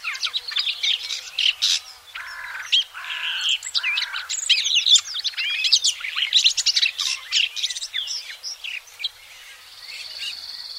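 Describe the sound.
Red-backed shrike giving a long scratchy, chattering warble of rapid high notes, with lower buzzy phrases early on and a steady thin whistle at the end.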